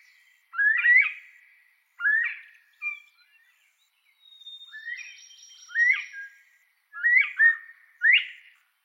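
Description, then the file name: Northern bobwhite song, rising whistled phrases repeated at irregular intervals, with a soft high pulsed tone in a longer middle gap. "canto da perdiz da virginia"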